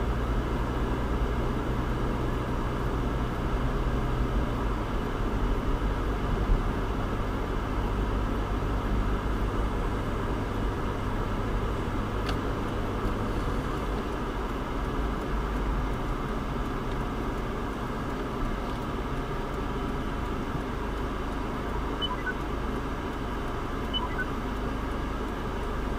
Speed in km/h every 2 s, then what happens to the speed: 35, 39, 42, 42, 42, 42, 42, 35, 18, 0, 0, 0, 0.
0-5 speeds up to 42. 5-13 steady at about 42. 13-18 brakes to 0. 18-26 standing.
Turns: none.